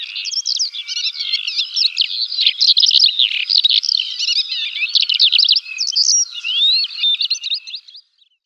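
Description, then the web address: Black Lark song, a continuous high jangling warble of rapid twittering and sliding notes, running unbroken for about eight seconds before stopping. "Schulze Peter Black Lark song"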